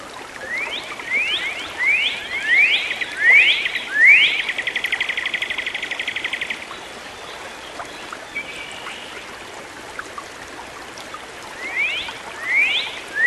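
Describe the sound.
Bird song: a series of rising upslurred whistles, then a fast dry trill held for two seconds, quieter notes, and more rising whistles at the end.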